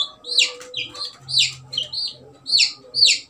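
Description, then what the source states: Chick peeping: high, shrill cheeps in irregular bursts over a few seconds, with a faint low hum beneath. Baby chick.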